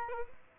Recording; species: mosquito wingbeat signal from an infrared sensor; Aedes aegypti